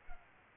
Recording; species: mosquito wingbeat signal from an infrared sensor; Culex pipiens